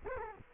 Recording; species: mosquito wingbeat signal from an infrared sensor; Culex quinquefasciatus